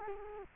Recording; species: mosquito wingbeat signal from an infrared sensor; Culex quinquefasciatus